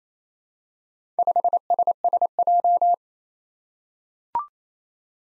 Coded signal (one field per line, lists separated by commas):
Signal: Morse code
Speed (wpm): 27 wpm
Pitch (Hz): 700 Hz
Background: none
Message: 5SSJ